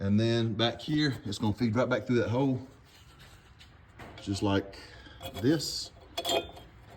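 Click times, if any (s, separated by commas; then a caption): 6.2 s. Someone talks while feeding a 1987 Foxbody's rear parking brake cable end back through the hole in the rear brake backing plate and pushing it in. One sharp metallic clink at 6.2 s marks the cable's retaining clip snapping into the backing plate hole, and the cable is seated.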